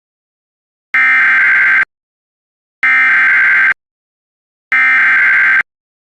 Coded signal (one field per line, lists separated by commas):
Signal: Emergency Alert System (SAME) tones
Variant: header bursts